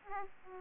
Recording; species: mosquito wingbeat signal from an infrared sensor; Aedes aegypti